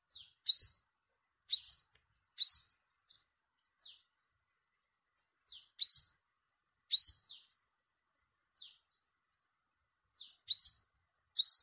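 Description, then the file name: Sunbird giving loud, high rising notes at uneven intervals, with a few faint short chips between them. "tieng-hut-mat-5-mau-liu"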